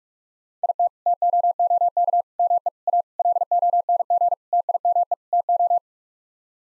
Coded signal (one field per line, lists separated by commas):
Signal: Morse code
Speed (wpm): 46 wpm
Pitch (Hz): 700 Hz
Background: none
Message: IT TOOK ME A LONG TIME TO